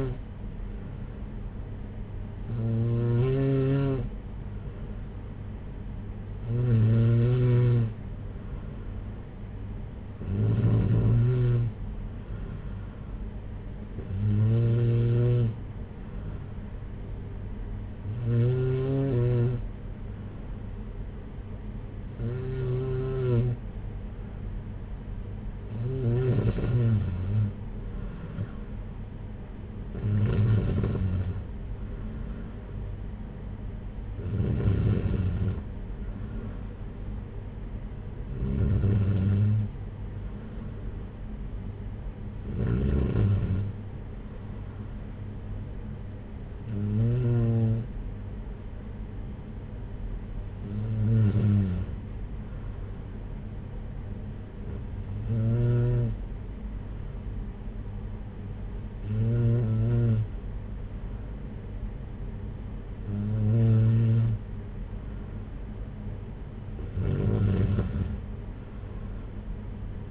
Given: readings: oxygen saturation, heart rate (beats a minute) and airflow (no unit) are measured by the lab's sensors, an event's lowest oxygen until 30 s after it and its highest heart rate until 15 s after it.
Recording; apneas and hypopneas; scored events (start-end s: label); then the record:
breathing in sleep by a smartphone at the bedside; none
none scored
From the record:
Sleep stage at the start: N2 (light sleep); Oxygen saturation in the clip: 93 to 95%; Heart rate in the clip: 56 to 62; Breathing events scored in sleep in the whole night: 226 in 8.8 hours asleep